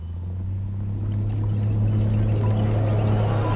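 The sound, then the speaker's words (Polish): Dishwasher water jets spray water onto leftover sauce and dried pasta on a dirty plate, with a steady rushing hiss over a deep, constant motor hum. The splashing grows louder and fuller after the first second and then holds steady. “Dysze wystrzeliwują wodę prosto w resztki sosu.”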